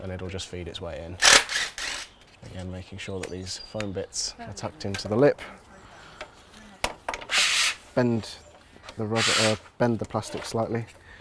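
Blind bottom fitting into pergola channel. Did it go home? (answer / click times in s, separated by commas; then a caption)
yes / 6.8 s. Someone talks while a pergola side blind is fed into an aluminium channel, its foam bits tucked into the lip. The plastic or rubber end of the blind is bent slightly and pushed into the bottom of the channel, and it snaps into place with a sharp click at 6.8 s, followed by softer knocks around 7.1 s.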